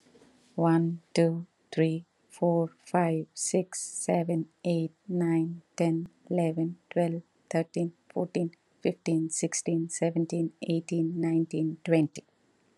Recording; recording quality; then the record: counting at a normal pace; excellent, no background noise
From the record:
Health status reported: recovered from COVID-19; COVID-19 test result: positive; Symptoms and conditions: cold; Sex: female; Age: 42 years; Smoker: not ticked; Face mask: not worn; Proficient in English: yes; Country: India